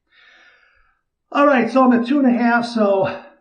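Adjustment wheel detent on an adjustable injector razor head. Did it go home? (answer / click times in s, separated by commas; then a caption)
no / none. Someone handles the metal adjustment wheel of a Supply Pro adjustable injector razor head, set at 2.5, while a faint high hiss plays at the start and then someone talks. Nothing has clicked into a detent or seated yet.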